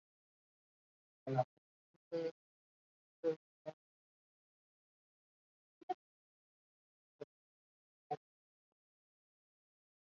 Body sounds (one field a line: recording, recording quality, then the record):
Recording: counting at a fast pace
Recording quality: poor, much background noise or distortion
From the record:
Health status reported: COVID-19 positive, mild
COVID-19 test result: positive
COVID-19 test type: RT-PCR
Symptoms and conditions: fatigue, diabetes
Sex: female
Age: 49 years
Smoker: no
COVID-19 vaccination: both doses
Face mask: worn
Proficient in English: no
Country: India